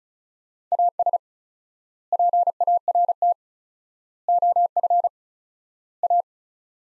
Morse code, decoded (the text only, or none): AS PART OF A